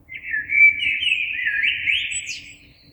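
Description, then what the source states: Common blackbird singing one continuous warbled phrase, rich and fluty, wavering up and down with a thin high twitter near the end, over a low hum. Recorded 26 April 2022.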